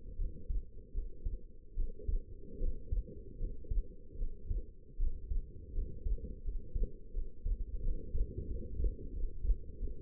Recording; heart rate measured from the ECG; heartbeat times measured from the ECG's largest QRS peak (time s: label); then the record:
heart sounds by stethoscope; 81 bpm
0.17 s: heartbeat
0.93 s: heartbeat
1.75 s: heartbeat
2.58 s: heartbeat
3.38 s: heartbeat
4.17 s: heartbeat
4.97 s: heartbeat
5.73 s: heartbeat
6.43 s: heartbeat
7.12 s: heartbeat
7.81 s: heartbeat
8.46 s: heartbeat
9.12 s: heartbeat
9.78 s: heartbeat
From the record:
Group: healthy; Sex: female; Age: 19 years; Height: 163 cm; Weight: 51 kg